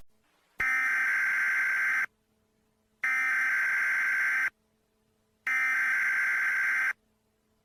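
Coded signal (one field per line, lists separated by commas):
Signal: Emergency Alert System (SAME) tones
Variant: header bursts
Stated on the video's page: Fictional EAS scenario depicting a sea level rise outbreak; simulated alert, not a real broadcast.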